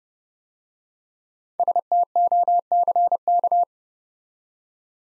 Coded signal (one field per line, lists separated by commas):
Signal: Morse code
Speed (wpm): 30 wpm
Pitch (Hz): 700 Hz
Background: none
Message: STOCK